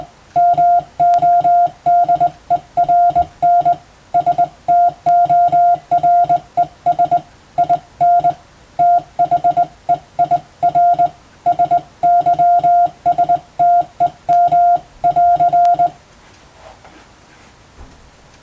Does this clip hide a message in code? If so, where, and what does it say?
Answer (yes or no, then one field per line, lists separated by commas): yes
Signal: Morse code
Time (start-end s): 0.4-15.9 s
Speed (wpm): 21 wpm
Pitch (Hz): 700 Hz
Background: music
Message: MODERN STORES IN THEIR SYSTEM<AR>